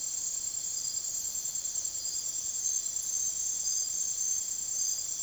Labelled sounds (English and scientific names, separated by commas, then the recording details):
none
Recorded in secondary vegetation near Puerto Asís, Putumayo, Colombia, on 25 June 2025 at 05:00
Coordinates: 0.489, -76.322
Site G021